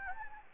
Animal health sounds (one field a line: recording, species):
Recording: mosquito wingbeat signal from an infrared sensor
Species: Anopheles gambiae